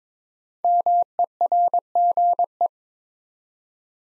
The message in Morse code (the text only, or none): MERGE